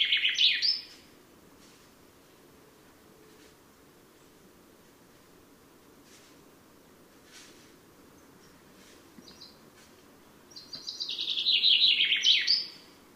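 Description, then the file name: Common chaffinch song: the tail of one phrase opens the recording, then after a long quiet gap a full descending trill ends in a flourish. "Fringilla coelebs"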